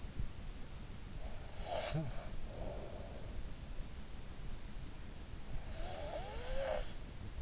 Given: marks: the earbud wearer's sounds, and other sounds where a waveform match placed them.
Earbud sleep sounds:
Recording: sounds in sleep by an in-ear microphone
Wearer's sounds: breath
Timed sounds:
1.36-3.36 s: breath
5.54-7.42 s: breath

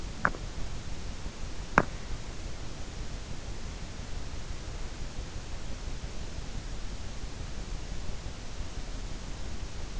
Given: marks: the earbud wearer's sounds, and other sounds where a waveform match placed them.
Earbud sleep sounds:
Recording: sounds in sleep by an in-ear microphone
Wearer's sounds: teeth grinding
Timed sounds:
0.00-1.97 s: teeth grinding

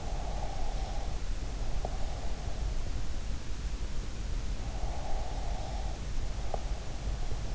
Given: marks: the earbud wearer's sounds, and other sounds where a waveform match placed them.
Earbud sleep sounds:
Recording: sounds in sleep by an in-ear microphone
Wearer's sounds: breath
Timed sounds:
0.00-2.21 s: breath
4.74-6.84 s: breath

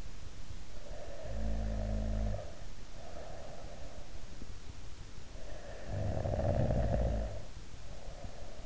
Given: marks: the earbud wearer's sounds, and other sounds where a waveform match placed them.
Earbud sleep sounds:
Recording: sounds in sleep by an in-ear microphone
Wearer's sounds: snoring breath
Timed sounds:
0.74-4.29 s: snoring breath
5.27-8.66 s: snoring breath

